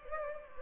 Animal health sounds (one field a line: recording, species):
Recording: mosquito wingbeat signal from an infrared sensor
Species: Culex pipiens